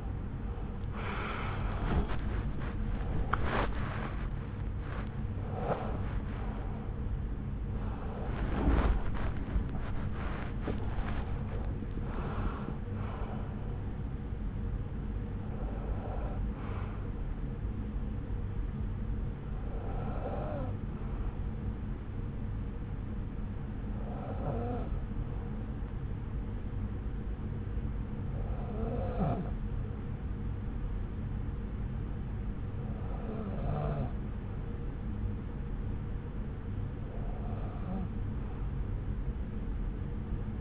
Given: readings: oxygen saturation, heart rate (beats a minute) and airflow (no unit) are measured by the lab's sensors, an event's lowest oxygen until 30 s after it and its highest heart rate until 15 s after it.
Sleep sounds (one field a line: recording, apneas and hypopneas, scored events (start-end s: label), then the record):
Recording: breathing in sleep by a smartphone at the bedside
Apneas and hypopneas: none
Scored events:
17.00-40.61 s: new sleep stage, N1 (lightest sleep)
From the record:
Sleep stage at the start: REM sleep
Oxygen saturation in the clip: 92 to 96%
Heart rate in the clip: 67 to 99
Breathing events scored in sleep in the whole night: 303 in 8.1 hours asleep